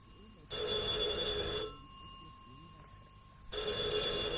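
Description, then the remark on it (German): A telephone bell rings in two loud, harsh bursts, each about a second long with a pause between, its bright metallic jangle standing out over a faint low background, serving as a signal to go to the two-way radio set. “Das ist das Signal, dass ich an das Funksprechgerät gehen soll.”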